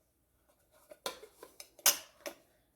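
A slicer cone is put back into a stand mixer's slicer/shredder attachment housing with the knob to the back, then twisted. A series of light plastic clacks and scrapes is heard, with the loudest click at 1.9 s. The cone is seated and no longer falls out.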